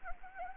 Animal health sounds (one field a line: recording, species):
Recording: mosquito wingbeat signal from an infrared sensor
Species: Anopheles gambiae